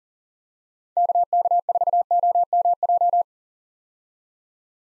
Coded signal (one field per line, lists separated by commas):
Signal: Morse code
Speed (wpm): 38 wpm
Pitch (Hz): 700 Hz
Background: none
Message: KK4OMJ